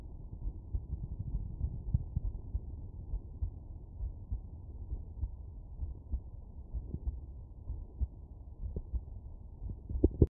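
Muffled low thumps repeat through a steady deep rumble, with nothing heard above the low range. This is a heartbeat heard through a medical stethoscope. The beats are soft and partly masked, so the rate is hard to count.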